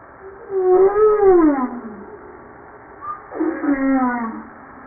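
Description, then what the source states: Humpback whale calls: two harmonic cries, the first rising then falling slowly, the second dropping sharply and leveling off, with a brief faint tone between. From a 2013 JASA publication.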